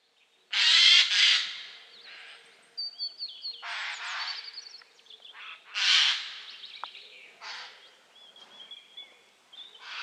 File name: Garrulus glandarius